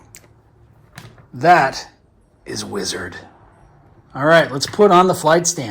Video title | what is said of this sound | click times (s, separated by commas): Vintage Collection Mandalorian N-1 Starfighter Unboxing and FULL Review | then that locks down into place like that and pretty awesome | 0.1 s